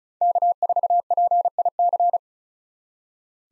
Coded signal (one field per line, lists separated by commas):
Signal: Morse code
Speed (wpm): 34 wpm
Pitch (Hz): 700 Hz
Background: none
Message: K4PIC